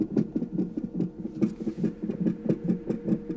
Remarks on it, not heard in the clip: We could hear the baby's heartbeat through the monitor.